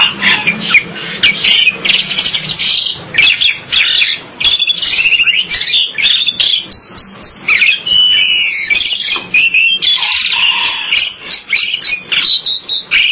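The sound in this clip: Bird sounds of dense, nearly continuous high chattering.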